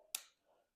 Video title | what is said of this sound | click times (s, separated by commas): TOP 5 GUNS OF 2025 | You hear that snap? That snap is incredible. Those things get locked in. | 0.1 s